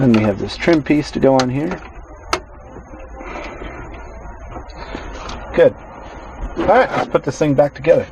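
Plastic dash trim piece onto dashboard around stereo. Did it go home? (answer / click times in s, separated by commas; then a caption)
yes / 2.3 s. A plastic trim piece is pressed onto the dashboard around a new stereo while someone talks. A single sharp click at 2.3 seconds marks the trim seating into place.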